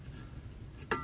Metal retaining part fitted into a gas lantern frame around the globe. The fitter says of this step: then bring it up through that then hope and that kind of snaps in place and